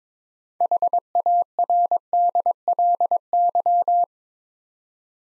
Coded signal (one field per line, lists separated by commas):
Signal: Morse code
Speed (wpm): 22 wpm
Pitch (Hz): 700 Hz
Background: none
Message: HARDLY